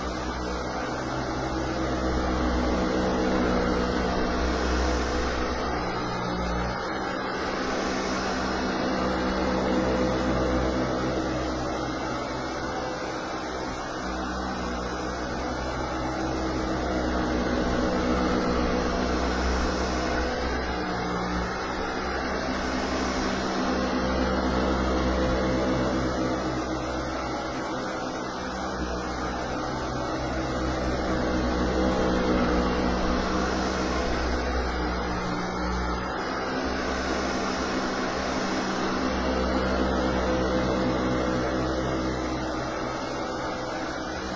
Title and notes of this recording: Vacuum Cleaning. The sound of a vacuum